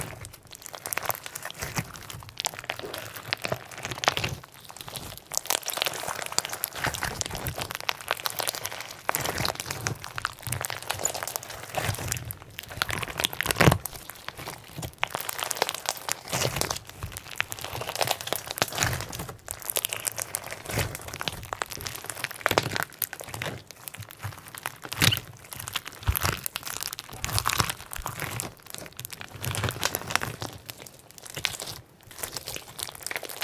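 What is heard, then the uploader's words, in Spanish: Rainbow sponge slime being squeezed and worked, with dense, continuous crinkling, crunching and sticky popping sounds. Bursts of sharp crackles come irregularly, several every second, with brief quieter gaps around 5, 12 and 20 seconds. The sound is bright and crisp, with little low rumble. Sponge rainbow Slime. Sonidos de slime de esponjas.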